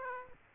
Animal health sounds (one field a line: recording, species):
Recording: mosquito wingbeat signal from an infrared sensor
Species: Aedes aegypti